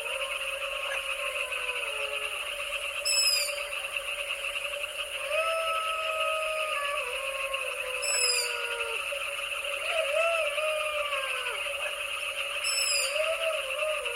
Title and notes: Danube Delta - Summer Night - Jackals And Frogs. Midnight in the Danube Delta. The moon hasn't risen yet but the jackals start howling, adding to the eerie mix of frog and insect calls